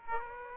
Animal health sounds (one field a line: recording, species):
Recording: mosquito wingbeat signal from an infrared sensor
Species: Aedes aegypti